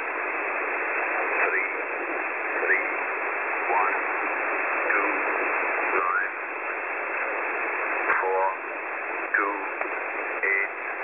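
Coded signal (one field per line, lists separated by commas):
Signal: numbers station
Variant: E06 English Man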